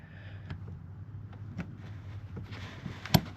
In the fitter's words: there's our click. Nice.